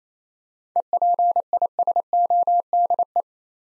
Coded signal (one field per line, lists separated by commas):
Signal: Morse code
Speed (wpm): 27 wpm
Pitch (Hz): 700 Hz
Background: none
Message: EPISODE